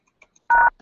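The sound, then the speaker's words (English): A single telephone keypad tone sounds during a call to an automated voice messaging system: a loud, steady two-pitched beep lasting a fraction of a second, preceded by a few faint blips and followed by a soft electronic trail. “If you're satisfied with the message, press 1.”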